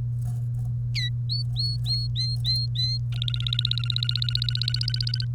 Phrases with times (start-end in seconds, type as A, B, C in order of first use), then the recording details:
0.95-1.09 A, 1.29-2.98 B, 3.12-5.25 C. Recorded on 1 May 2018 at 09:46. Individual llb3